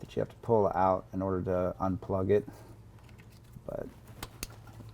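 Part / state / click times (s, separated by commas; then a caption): backup sensor harness plug into its mating connector on a rear bumper / seated / 4.4 s. Someone talks while the backup sensor wiring harness connector, a plastic plug with a white locking clip, is pushed back into its mating connector on the driver's side of a Rugged Ridge HD rear bumper on a Jeep JL. After a few faint taps, a sharp click at 4.4 s shows the plug clicking in and being pushed down so it is fully seated.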